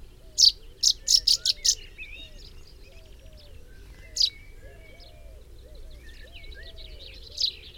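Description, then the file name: Common chaffinch calls: a fast run of six sharp, high notes at the start, then two isolated notes, over faint trills and low background sound. "Fringilla coelebs"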